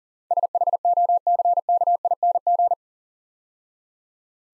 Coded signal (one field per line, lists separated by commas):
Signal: Morse code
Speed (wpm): 38 wpm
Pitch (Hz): 700 Hz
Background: none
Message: SHOCKING